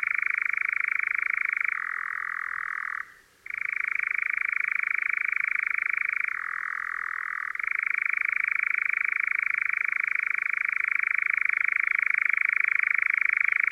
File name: LELEK KOZODOJ